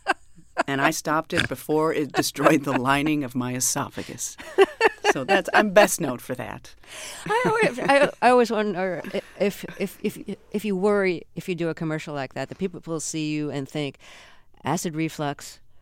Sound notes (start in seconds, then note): 4.3 soundbite of laughter; 7.2 soundbite of laughter